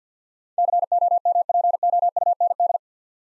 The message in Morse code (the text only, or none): COMPOUND